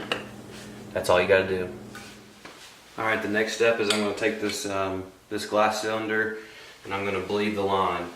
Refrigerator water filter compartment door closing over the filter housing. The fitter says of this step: only one way you can go in and then just shut the door behind it until you hear a click that's